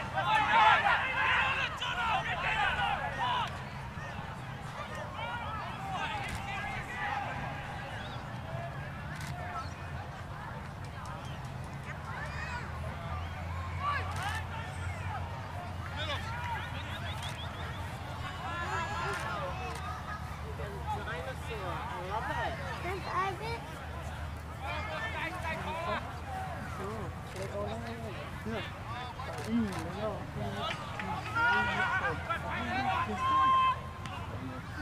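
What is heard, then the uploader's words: Voices from a rugby league match: overlapping crowd chatter and shouts from players and officials, busiest at the start and again near the end. A steady low outdoor rumble sits underneath throughout, with short calls and whistle-like tones popping out here and there. Bishop Park - Queensland Rugby League (field recording). Composite field recording taken at the Queensland Rugby League match between the Norths Devils and the Souths Logan Magpies. The match was played at the Norths Devils home ground at Bishop Park, Nundah (Brisbane), Queensland, Australia.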